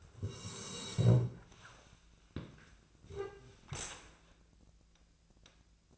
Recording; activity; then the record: daily activity, microphone in the room; sit down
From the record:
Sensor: 2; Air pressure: 1000.3 hPa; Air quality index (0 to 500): 160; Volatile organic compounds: 3 ppm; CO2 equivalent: 1340 ppm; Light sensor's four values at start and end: 9/19/9/9 and 8/19/8/9